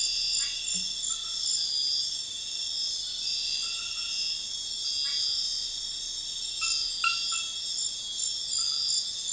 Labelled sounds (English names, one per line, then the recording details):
none
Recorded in secondary vegetation near Puerto Asís, Putumayo, Colombia, on 4 March 2025 at 02:30
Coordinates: 0.498, -76.327
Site G001